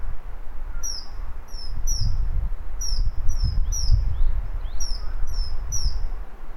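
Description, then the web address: Bird calls, a series of brief high chirps sweeping down, grouped in clusters of about three, with a deep rumble throughout. "yacho koe"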